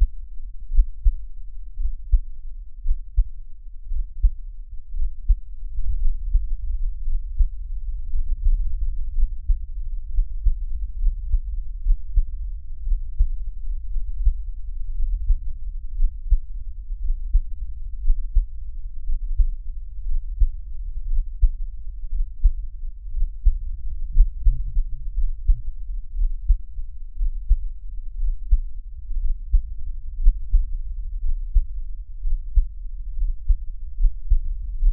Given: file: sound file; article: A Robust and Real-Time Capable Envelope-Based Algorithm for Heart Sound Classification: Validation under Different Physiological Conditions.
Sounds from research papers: heart sounds by electronic stethoscope; rest; normal; lying on back; Erb’s point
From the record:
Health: healthy, no known heart disease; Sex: male

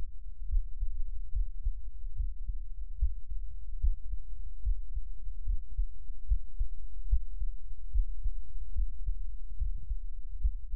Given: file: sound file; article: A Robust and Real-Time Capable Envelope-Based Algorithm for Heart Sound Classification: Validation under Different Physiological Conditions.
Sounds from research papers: heart sounds by electronic stethoscope; rest; normal; sitting; Erb’s point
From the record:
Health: healthy, no known heart disease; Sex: male

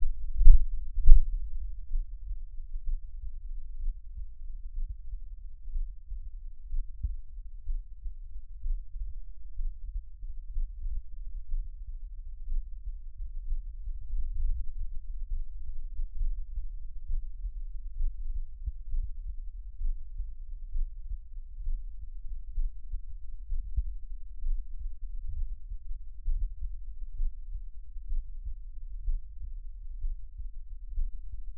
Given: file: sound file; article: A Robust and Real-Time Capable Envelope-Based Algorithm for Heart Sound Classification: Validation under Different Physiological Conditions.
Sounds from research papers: heart sounds by electronic stethoscope; rest; normal; lying on left side; Erb’s point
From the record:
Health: healthy, no known heart disease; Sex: male

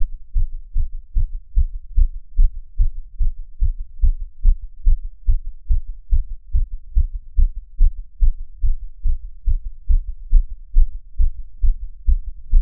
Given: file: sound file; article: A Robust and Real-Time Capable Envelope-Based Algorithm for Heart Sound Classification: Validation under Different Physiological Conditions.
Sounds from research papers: heart sounds by electronic stethoscope; after 5 min of sport; deep; sitting; Erb’s point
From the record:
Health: healthy, no known heart disease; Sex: male

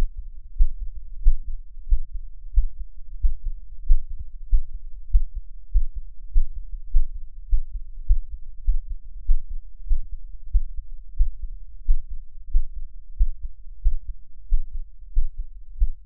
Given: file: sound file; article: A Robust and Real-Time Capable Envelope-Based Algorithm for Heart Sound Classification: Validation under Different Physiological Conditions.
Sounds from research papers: heart sounds by electronic stethoscope; after 5 min of sport; deep; sitting; Erb’s point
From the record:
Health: healthy, no known heart disease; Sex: male

